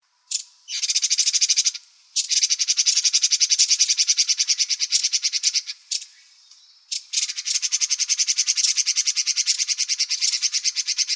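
Bird delivering long, loud, harsh churring rattles of fast even pulses, separated by brief gaps and single clicks.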